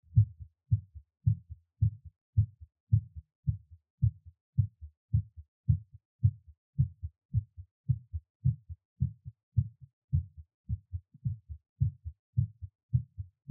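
Steady, rapid paired low thumps, lub-dub, at about 105–110 beats a minute, with a quiet background. The adult heartbeat is fast, heard right after a workout.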